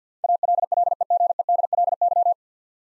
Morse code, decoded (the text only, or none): ALLEGEDLY